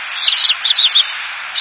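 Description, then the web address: Bird chirping: a handful of short, sharp high notes in quick succession, with a pause and a final chirp at the end. Higashiosaka, Japan. "higashiosaka bird koe"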